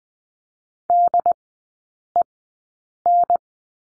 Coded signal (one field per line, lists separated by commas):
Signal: Morse code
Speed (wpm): 20 wpm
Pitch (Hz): 700 Hz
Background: none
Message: DEN